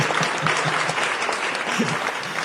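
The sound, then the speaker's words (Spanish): An audience claps enthusiastically as the program director presents a Pi de Oro award, a dense, steady roar of many hands at constant loudness throughout, with faint voices mixed into the applause. “El público aplaude enfervorizado.”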